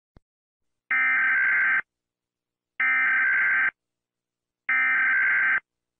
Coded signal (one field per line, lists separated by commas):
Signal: Emergency Alert System (SAME) tones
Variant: header bursts